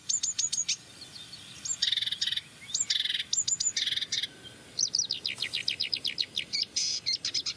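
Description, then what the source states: Marsh warbler song: rapid ticking notes and dense buzzy bursts alternating, then a long fast series of sharp repeated chips. Song with mimicry, imitating a great tit, then an icterine warbler, itself a mimic.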